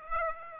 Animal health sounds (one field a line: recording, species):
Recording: mosquito wingbeat signal from an infrared sensor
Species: Aedes aegypti